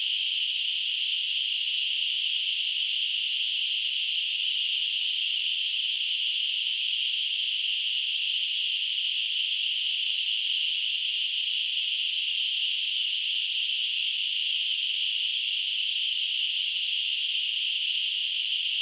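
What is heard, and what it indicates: A simulated tinnitus sound: a steady, unbroken hiss concentrated in a band around 3 kHz, with nothing in the low frequencies.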